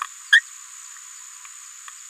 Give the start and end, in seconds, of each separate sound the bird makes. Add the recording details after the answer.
0.32-0.40. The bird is a female. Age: 27 days. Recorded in a nest box in Venezuela. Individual 17B73B2